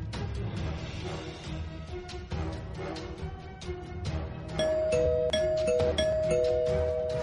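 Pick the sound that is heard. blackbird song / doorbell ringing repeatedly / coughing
doorbell ringing repeatedly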